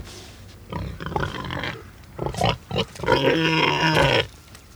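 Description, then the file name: Domestic pig giving a run of irregular, gruff grunts, then a sustained, strained, harmonic squeal of about a second before falling quiet. "Het knorren van een varken - Sound Cloud - Beeld en Geluid"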